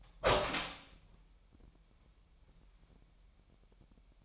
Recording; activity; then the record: daily activity, microphone in the room; open door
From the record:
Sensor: 1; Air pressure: 998.4 hPa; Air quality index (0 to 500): 132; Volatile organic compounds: 4 ppm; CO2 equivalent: 1580 ppm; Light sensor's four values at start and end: 19/62/25/25 and 19/61/25/25